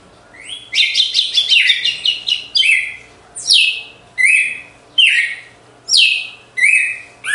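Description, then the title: Red-cowled cardinal singing a rapid run of clear notes, then several loud downslurred whistles repeated in quick succession. Female red-cowled cardinal singing after the moult, in a song contest. "Canto Galo Campina Fêmea. GALO DE CAMPINA DEPOIS DA MUDA (disputa)"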